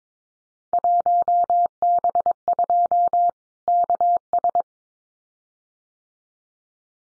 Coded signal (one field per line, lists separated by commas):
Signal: Morse code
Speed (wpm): 22 wpm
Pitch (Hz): 700 Hz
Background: none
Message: 1B2 KS